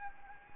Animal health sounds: mosquito wingbeat signal from an infrared sensor; Anopheles gambiae

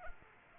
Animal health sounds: mosquito wingbeat signal from an infrared sensor; Anopheles arabiensis

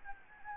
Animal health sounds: mosquito wingbeat signal from an infrared sensor; Anopheles gambiae

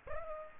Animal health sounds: mosquito wingbeat signal from an infrared sensor; Aedes aegypti

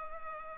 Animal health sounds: mosquito wingbeat signal from an infrared sensor; Culex pipiens

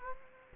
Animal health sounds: mosquito wingbeat signal from an infrared sensor; Culex quinquefasciatus

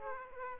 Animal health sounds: mosquito wingbeat signal from an infrared sensor; Aedes aegypti

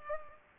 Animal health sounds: mosquito wingbeat signal from an infrared sensor; Culex pipiens

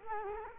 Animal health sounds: mosquito wingbeat signal from an infrared sensor; Culex quinquefasciatus

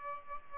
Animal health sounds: mosquito wingbeat signal from an infrared sensor; Aedes albopictus

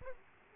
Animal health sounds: mosquito wingbeat signal from an infrared sensor; Aedes aegypti

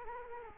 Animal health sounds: mosquito wingbeat signal from an infrared sensor; Culex quinquefasciatus

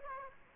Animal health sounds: mosquito wingbeat signal from an infrared sensor; Aedes aegypti

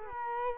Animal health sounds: mosquito wingbeat signal from an infrared sensor; Culex quinquefasciatus

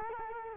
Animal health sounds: mosquito wingbeat signal from an infrared sensor; Culex quinquefasciatus

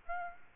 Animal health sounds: mosquito wingbeat signal from an infrared sensor; Aedes aegypti

